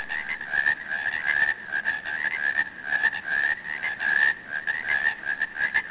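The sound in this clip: Frog chorus: many overlapping rattling, trilled croaks forming a steady wavering wall of sound.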